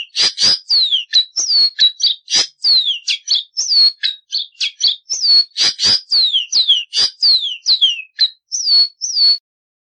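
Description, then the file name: Seedeater song: a fast, steady stream of bright downward-sliding whistles and brief chipping notes, ending on a couple of sustained whistled phrases. "Caboclinho"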